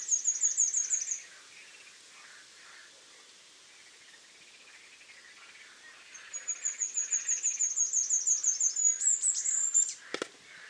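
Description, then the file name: Great tit calling in fast runs of thin, very high notes, a short burst at the start and a longer run later, then a sharp click near the end. "Parus major"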